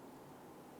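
A new metal brake shim or abutment clip is hooked in by its inner tab and pushed over toward the rear brake caliper bracket of a 2011–2019 Ford Explorer during a rear brake replacement. Only a steady broadband noise is heard, with no distinct impacts. The clip has not yet popped into place, and nothing has seated or clicked.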